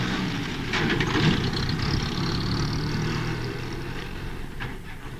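A small car's engine runs with a steady low rumble that holds throughout, rising slightly as the car pulls away and drives off, then easing off toward the end. No voices are heard.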